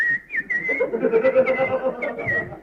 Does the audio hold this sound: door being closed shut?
no